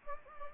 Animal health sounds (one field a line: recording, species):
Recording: mosquito wingbeat signal from an infrared sensor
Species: Anopheles gambiae